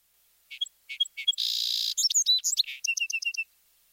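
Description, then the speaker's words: Song Sparrow song: three separate introductory notes, a buzzy trill, a jumble of varied notes, then a fast even trill ending it. One of several individual song sparrows played, each giving its own variation; the song is rendered as maids, maids, maids, put on your tea kettle, little, little, little. "Individual song sparrows give their own variations. Let's listen to several different birds."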